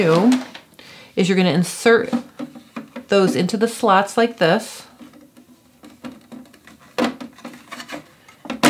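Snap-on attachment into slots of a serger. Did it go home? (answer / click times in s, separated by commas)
yes / 7.0 s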